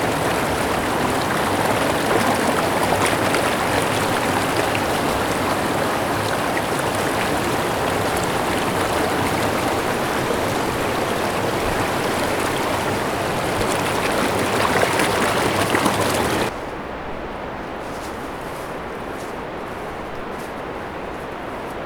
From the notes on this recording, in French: Field-recording au Pont de l'Abîme traversant le Chéran en Haute-Savoie